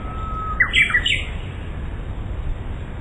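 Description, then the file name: Japanese bush warbler song with a brief sustained whistle leading into several quick, warbling, slurred notes, against a soft low hum. "uguisu"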